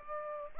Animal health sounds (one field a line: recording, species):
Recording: mosquito wingbeat signal from an infrared sensor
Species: Culex pipiens